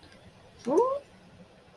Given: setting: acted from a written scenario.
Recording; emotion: vocal sound without words; confusion